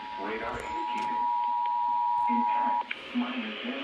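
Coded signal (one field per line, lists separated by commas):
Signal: Emergency Alert System (SAME) tones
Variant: 853 and 960 Hz attention tone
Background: speech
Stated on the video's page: Series of flood alerts from the Sterling forecast office.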